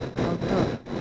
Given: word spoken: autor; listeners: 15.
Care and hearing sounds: one Spanish word in noise, from a listening test; noise modulated by three-talker babble; -3.5 dB; 2 of 15; 9 of 15; 0.61 s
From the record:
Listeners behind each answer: 9, 2, 1, 1, 1, 1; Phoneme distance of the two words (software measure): 31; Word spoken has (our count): 2 syllables, 5 phonemes, stress on syllable 2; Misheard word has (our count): 2 syllables, 6 phonemes, stress on syllable 2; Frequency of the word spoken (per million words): 135.52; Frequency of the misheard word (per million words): 114.88

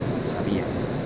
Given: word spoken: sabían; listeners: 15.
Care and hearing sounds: one Spanish word in noise, from a listening test; speech-shaped noise; -4.3 dB; 2 of 15; 9 of 15; 0.66 s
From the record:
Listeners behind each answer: 9, 3, 2, 1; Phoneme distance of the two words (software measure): 7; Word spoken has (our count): 3 syllables, 6 phonemes, stress on syllable 2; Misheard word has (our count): 3 syllables, 5 phonemes, stress on syllable 2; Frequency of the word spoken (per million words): 19.92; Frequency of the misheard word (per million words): 123.71

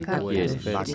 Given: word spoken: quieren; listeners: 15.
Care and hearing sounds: one Spanish word in noise, from a listening test; four-talker babble; 0.3 dB; 0 of 15; 9 of 15; 0.55 s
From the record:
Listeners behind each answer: 9, 1, 1, 1, 1, 1, 1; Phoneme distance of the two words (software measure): 10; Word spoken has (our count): 2 syllables, 6 phonemes, stress on syllable 1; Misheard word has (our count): 2 syllables, 6 phonemes, stress on syllable 1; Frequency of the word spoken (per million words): 71.84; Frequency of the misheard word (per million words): 55.97

